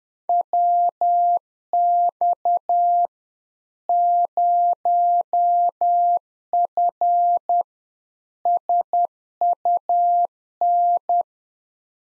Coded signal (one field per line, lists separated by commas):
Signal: Morse code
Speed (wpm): 10 wpm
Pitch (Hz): 700 Hz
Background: none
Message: WX 0F SUN